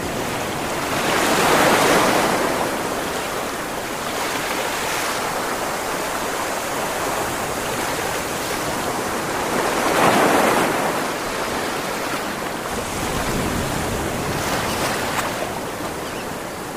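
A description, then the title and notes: Roaring ocean waves form a dense, steady wash, swelling into louder surges near two and ten seconds, with a low wind-like rumble beneath. ASMR Ocean Sounds. Hear the roaring waves.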